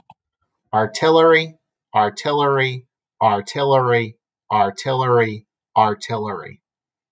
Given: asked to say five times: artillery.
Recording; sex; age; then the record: repeated word; male; 30 to 39 years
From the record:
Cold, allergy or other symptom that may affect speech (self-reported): no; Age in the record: 37 years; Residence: Massachusetts, United States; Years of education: 16